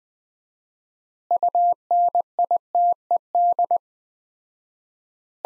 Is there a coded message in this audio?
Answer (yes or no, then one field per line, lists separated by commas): yes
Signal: Morse code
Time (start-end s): 1.3-3.8 s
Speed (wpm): 21 wpm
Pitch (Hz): 700 Hz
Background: none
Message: UNITED